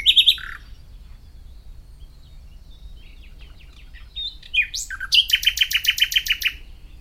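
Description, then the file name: Common nightingale giving a brief sharp note, a quieter stretch of soft ticks, then a rising whistle into a fast, loud pulsing rattle of repeated notes. "Luscinia megarhynchos"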